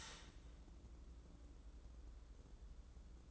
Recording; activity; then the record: daily activity, microphone in the room; start toaster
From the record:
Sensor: 3